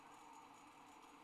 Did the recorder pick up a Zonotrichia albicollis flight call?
no